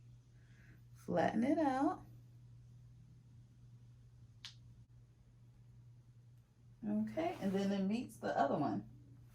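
Someone talks while handling a metal snap clip on a clip-in hair extension weft, positioning it to be pressed closed onto natural hair near the previous row. A brief high-pitched tick is heard around 4.5 s between stretches of speech over a low steady hum. The clip has not snapped shut or seated yet.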